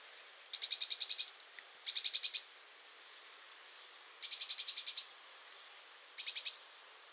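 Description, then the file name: Eurasian blue tit scolding: harsh buzzy churring rattles in four bursts, some ending in a thin high whistle, separated by short pauses. "Cyanistes caeruleus"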